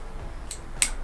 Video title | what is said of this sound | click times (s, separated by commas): BMW F800GS Fork oil, seals and bushings change...unprofessionally | until you hear the annoying click. | 0.8 s